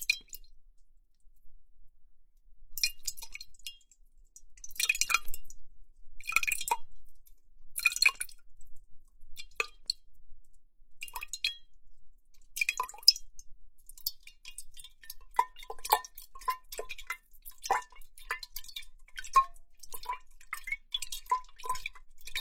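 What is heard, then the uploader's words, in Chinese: Water moves and taps inside a huge glass bowl, with short bright clinks, drips and splashes. Sparse, irregular bursts fill the first half, then smaller ticks and drips come faster and closer together, some with a faint ringing tone, against near silence. 水和玻璃的声音。巨大玻璃碗（水、碳酸、果冻、吸管）。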